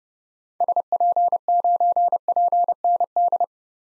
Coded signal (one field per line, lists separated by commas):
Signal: Morse code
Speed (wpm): 31 wpm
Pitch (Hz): 700 Hz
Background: none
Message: SP9PND